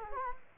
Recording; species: mosquito wingbeat signal from an infrared sensor; Culex quinquefasciatus